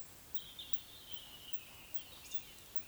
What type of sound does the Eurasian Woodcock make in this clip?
whistle, croak